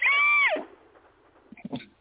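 A single very high, squeaky half-second vocal sound that drops at the end: a squeaky hiccup.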